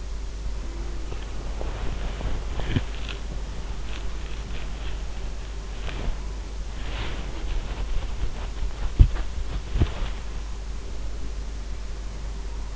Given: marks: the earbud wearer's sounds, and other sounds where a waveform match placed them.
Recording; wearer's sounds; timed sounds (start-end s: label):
sounds in sleep by an in-ear microphone; body movement
0.00-12.76 s: body movement